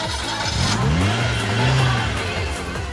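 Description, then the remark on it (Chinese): Racing car engines roar and rev as the cars approach the finish line, an 86 leading an FD, the pitch rising and sliding as it builds, loud and continuous throughout with a harsh mechanical whine over a deep rumble. “开始听到引擎声啦，佢哋就嚟到啦，嚟啦，到咗啦，究竟系边架咧？”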